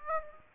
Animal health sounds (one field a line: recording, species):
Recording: mosquito wingbeat signal from an infrared sensor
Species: Aedes aegypti